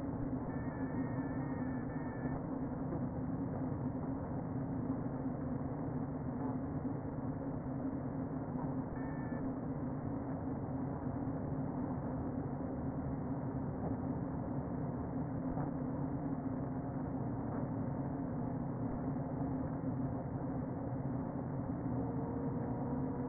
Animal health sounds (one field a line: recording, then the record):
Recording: honeybee colony, microphone inside the hive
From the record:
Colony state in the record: queen present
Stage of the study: before two queens were removed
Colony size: about 60,000 bees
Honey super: yes